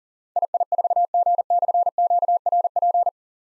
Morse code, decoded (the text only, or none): II4G/QRP